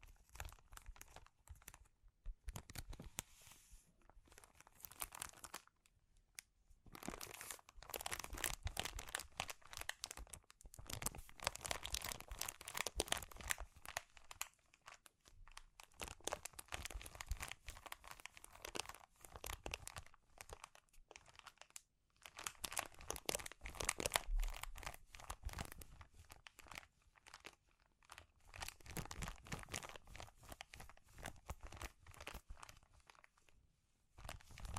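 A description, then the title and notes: Crinkling plastic or foil is handled in dense, crackly bursts of tiny snaps that run through most of the 35 seconds. The sound is bright and busy, broken by brief quiet gaps near 2, 6, 15 and 22 seconds before the rustling resumes. ASMR Sensitive Crinkles (No Talking).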